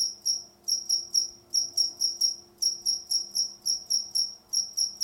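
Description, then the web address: Cricket chirping, high trilled chirps repeated in quick succession with a pulsing rhythm, over a soft low hum. A single cricket. "the-sound-pack-tree -single cricket chirp"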